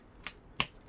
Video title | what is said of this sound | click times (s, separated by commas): Building a $600 Budget Gaming PC RYZEN 3100 + RX 480 | down until you hear the two clicks sometimes they're simultaneous sometimes one side goes down first and that's in | 0.3 s, 0.6 s